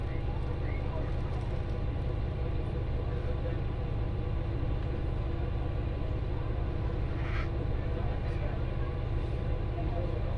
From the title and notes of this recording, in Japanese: 耳で楽しむ鉄道旅 越美北線 計石→福井。越前大野からひと山越えた先にある計石からは、足羽川の支流に沿って進み、美山で足羽川と合流します。何度か足羽川を渡りながら一乗谷遺跡のある近くを通りつつ越前花堂で北陸本線に合流して福井を目指します。